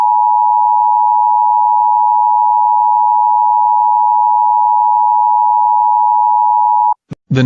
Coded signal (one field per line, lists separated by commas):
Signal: Emergency Alert System (SAME) tones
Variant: 853 and 960 Hz attention tone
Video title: EAS Scenario #1: Zombi-Nado